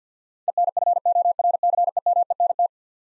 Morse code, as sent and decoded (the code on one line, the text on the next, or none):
. -. ..-. --- .-. -.-. . -- . -. -
ENFORCEMENT